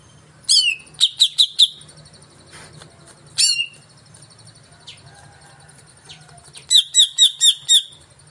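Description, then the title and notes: Greater green leafbird song: a quick run of ringing chips, a single loud slurred phrase, soft scattered notes, then another fast series of bright repeated notes. Song of a singing-active (gacor) bird played as a lure (pancingan) to prompt a caged cucak ijo to sing when hung up. "Pancingan CUCAK IJO Mau Di Gantang. Cucak Ijo Gacor"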